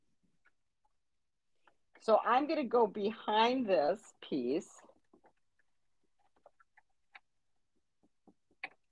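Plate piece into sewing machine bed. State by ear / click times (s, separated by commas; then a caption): seated / 8.6 s. Someone talks, then reaches behind the piece and presses a plastic/metal plate piece onto a sewing machine bed, with a few faint ticks and taps as it is positioned. A sharp click at 8.6 s marks the plate piece snapping in and seating.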